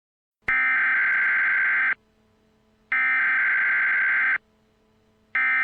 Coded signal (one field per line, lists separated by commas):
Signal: Emergency Alert System (SAME) tones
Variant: header bursts